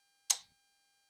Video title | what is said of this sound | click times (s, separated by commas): Rage Racing Product Review (1): Harley-Davidson V-Rod Fuel Level Sender from Tri-Starr Radiator | Here the snap. Should be in. | 0.3 s